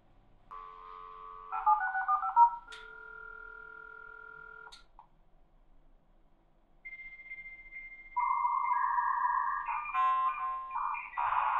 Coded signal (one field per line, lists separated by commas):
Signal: dial-up modem handshake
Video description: The sound of dial-up at some of the most common speeds, including 300, 1200, 2400, 9600, 14,400, 33,600, and 56K.